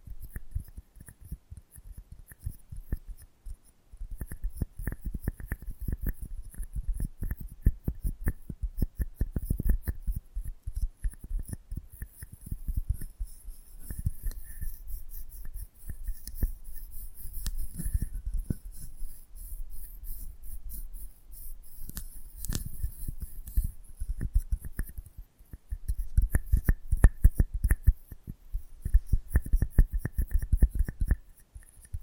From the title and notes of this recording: ASMR Close Up Mic Treatment Tingle Galore (No Talking).